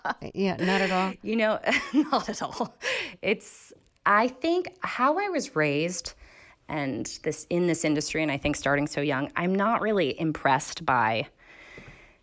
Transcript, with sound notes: Yeah, not at all?
You know (laughter) - not at all. It's - I think - how I was raised and this - in this industry and, I think, starting so young, I'm not really impressed by